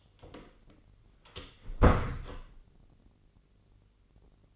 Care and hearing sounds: daily activity, microphone in the room; close door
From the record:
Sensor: 4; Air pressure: 1010.0 hPa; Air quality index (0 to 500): 190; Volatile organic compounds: 3 ppm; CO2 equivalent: 1364 ppm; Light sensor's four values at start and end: 30/74/30/32 and 33/80/32/34

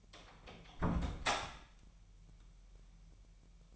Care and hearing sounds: daily activity, microphone in the room; close door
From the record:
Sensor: 1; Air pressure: 998.5 hPa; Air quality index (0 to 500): 128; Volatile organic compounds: 4 ppm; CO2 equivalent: 1540 ppm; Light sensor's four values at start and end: 19/64/26/26 and 19/64/26/26

